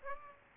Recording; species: mosquito wingbeat signal from an infrared sensor; Aedes aegypti